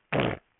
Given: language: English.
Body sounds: throat vibration sensor signal played as sound; throat clearing

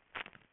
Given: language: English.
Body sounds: throat vibration sensor signal played as sound; swallow

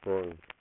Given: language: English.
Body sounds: throat vibration sensor signal played as sound; speech

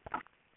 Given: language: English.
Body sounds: throat vibration sensor signal played as sound; swallow

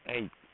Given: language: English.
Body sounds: throat vibration sensor signal played as sound; speech

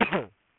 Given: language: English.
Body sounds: throat vibration sensor signal played as sound; cough

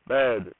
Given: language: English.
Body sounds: throat vibration sensor signal played as sound; speech

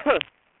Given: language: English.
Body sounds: throat vibration sensor signal played as sound; cough

